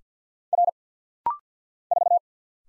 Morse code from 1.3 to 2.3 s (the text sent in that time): 4